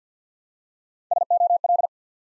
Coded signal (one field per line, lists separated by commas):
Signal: Morse code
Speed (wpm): 50 wpm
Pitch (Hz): 700 Hz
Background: none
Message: SOL